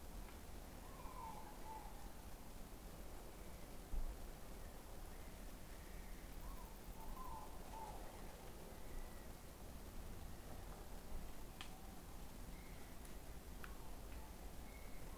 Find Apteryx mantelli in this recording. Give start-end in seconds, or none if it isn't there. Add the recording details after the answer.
none. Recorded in New Zealand on 20 November 2013. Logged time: 21:14. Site CG25